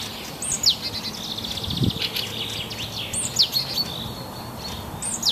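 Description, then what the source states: Birdsong in woodland, several high descending whistles and trilled phrases overlapping, with a brief low thump near the two-second mark and constant background noise. Forest birdsong.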